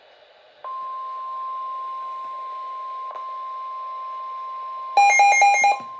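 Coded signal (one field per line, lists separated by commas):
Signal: Emergency Alert System (SAME) tones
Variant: 1050 Hz attention tone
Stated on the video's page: Severe Thunderstorm Warning issued by NWS Houston/Galveston; radar indicated, 60 mph wind gusts.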